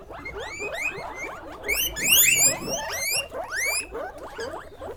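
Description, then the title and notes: Guinea pigs squealing in a crowded chorus, many rising whistled squeaks and louder shrill bursts overlapping throughout. Guinea pig (cuy) pen, during a sound residency on traditional kitchens in Pujilí, Ecuador, 2019. "Yanuna_Paisajes. CORRAL_CUY. Sonidos grabados durante la residencia "Yanuna de sonidos, Laboratorio de experimentación y creación sonora alrededor de las cocinas tradicionales de Pujilí." en Pujilí - Ecuador 2019"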